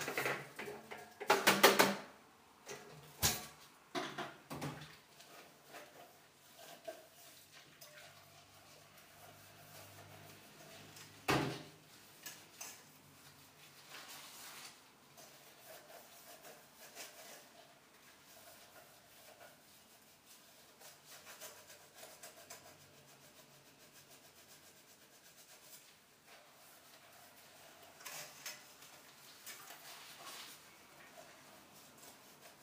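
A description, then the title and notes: Dishwashing, with a few sharp clinks and clatters of dishes in the first dozen seconds, the loudest around two and eleven seconds. After that the handling turns quieter, with soft scattered taps and rustles over a faint steady hiss. Sounds Of Dishwashing.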